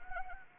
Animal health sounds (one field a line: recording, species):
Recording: mosquito wingbeat signal from an infrared sensor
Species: Anopheles arabiensis